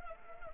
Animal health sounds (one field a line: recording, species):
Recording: mosquito wingbeat signal from an infrared sensor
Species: Anopheles arabiensis